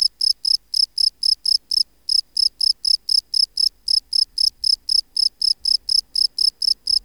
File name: Bio Acoustica. Gryllus campestris